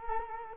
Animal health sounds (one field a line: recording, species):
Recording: mosquito wingbeat signal from an infrared sensor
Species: Culex quinquefasciatus